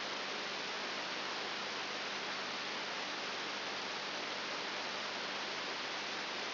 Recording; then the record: brain microelectrode recording played as sound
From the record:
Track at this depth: outside the subthalamic nucleus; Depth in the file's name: 8 mm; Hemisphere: right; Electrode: 3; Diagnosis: Parkinson's disease